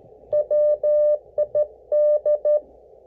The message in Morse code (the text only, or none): WID